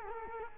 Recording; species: mosquito wingbeat signal from an infrared sensor; Culex quinquefasciatus